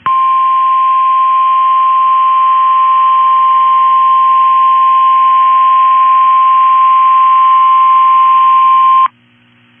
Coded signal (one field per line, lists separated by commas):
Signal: Emergency Alert System (SAME) tones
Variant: 1050 Hz attention tone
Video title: Required Weekly Test On KHB32 | EAS #156